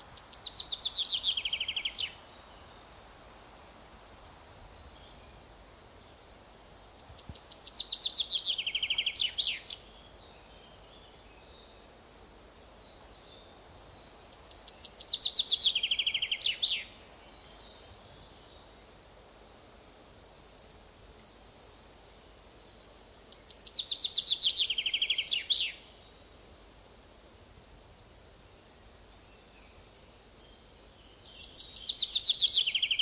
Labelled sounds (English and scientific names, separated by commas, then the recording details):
Common Chaffinch (Fringilla coelebs) song
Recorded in the wild
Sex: male
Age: adult
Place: Oehrenstock/Langewiesen, Thüringer Wald, Thüringen, DE
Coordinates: 50.6603, 10.9428
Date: 2003-05-25 12:22
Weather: overcast, intermittent rain, 12 - 15°C
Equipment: Fair Mate ST-1328 (Asahi Electronics, Japan), Sennheiser ME 80, Kopie Uher 4000 Report Monitor
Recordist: Tembrock, Günter